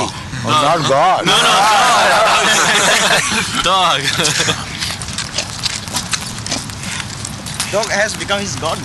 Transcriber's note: everyone laughing